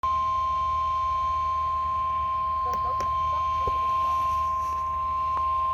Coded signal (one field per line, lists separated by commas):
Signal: Emergency Alert System (SAME) tones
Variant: 1050 Hz attention tone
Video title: EAS #514: SVR: Nearly Stationary storm